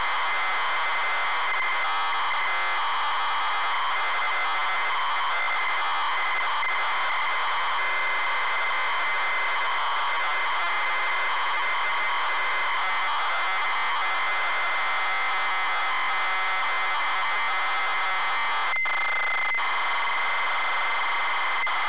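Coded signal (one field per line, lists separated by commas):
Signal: ZX Spectrum tape loading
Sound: continuous harsh buzzing screech of tape data with brief dropouts and a steady whine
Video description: ZX Spectrum load up and quick game play ofRick Dangerous loaded up using a zx spectrum +3 with a wh smith cpd8300 cassette player.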